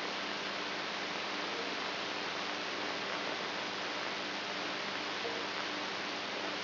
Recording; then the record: brain microelectrode recording played as sound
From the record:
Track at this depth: outside the subthalamic nucleus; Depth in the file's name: 6.507 mm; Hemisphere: right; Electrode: 2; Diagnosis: Parkinson's disease